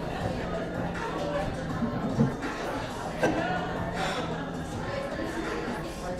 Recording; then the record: background sound without coughing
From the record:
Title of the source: 60 minutes of coffee shop sounds for study and concentration